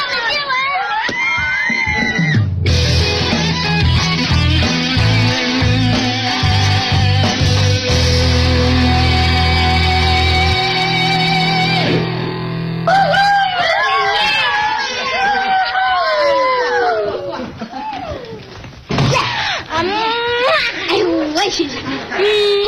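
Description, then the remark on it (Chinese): Loud, excited cheering and whooping from several voices, with shrill rising and falling shouts. A steady musical backing with low sustained tones runs underneath the first half. “根据剧情，此处应该欢呼。”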